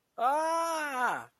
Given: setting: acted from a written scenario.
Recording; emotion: vocal sound without words; fear